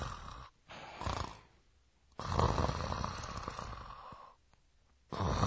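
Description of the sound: Loud, low, rattling snores come in bursts, the longest about two seconds, with shorter snorts and quiet pauses between them. This is a simulated sound of heavy snoring by an adult sound asleep, the kind of snoring the Japanese sound word "goo goo" expresses.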